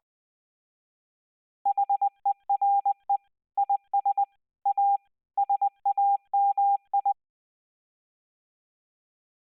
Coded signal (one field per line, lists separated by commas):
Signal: Morse code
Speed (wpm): 20 wpm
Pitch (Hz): 800 Hz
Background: none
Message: HERE IS A SAM I